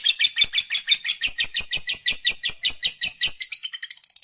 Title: LOVEBIRD Malas Bunyi JADI GREGET SPONTAN Langsung NARIK